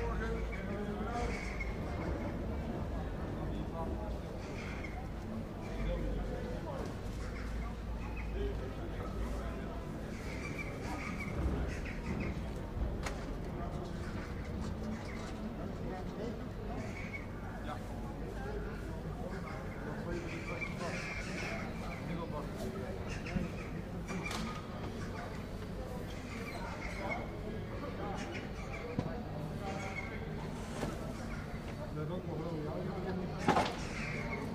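Steady murmur of an active fruit market, with many overlapping voices talking at once throughout. The crowd noise stays dense and even, with a low rumble underneath and occasional sharp clicks or knocks, one standing out near the end.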